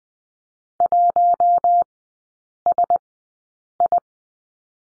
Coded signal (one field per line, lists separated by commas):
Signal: Morse code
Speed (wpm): 20 wpm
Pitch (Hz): 700 Hz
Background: none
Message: 1SI